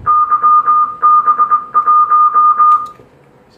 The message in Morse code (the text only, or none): YB1